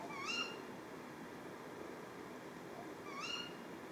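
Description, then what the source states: Tawny owl giving two sharp rising ke-wick calls about three seconds apart, bright and harmonic-rich, over a steady hiss of background noise. A pair calling at 4:30 am on 20 February 2020 at Etang de Beaumont pond, Drôme; recorded in stereo with Nagra Seven and Telinga Pro7 parabola, with live commentary.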